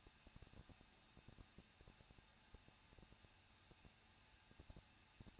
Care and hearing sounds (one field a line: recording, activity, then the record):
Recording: daily activity, microphone in the room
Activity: no activity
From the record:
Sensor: 2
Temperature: 21.0 degrees Celsius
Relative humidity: 37.5%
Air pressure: 1006.2 hPa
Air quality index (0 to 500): 222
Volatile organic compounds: 24 ppm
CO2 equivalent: 2821 ppm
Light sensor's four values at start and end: 2/3/2/2 and 2/3/2/2